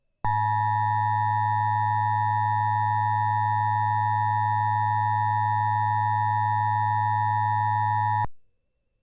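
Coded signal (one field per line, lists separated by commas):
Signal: Emergency Alert System (SAME) tones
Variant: 853 and 960 Hz attention tone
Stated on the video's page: Fictional mock EAS alert about a creature based on Minecraft's Breeze.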